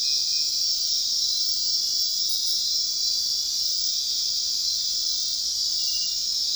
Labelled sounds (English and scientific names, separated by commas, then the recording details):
none
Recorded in dense forest near Puerto Asís, Putumayo, Colombia, on 18 February 2024 at 01:30
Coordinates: 0.499, -76.324
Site G6469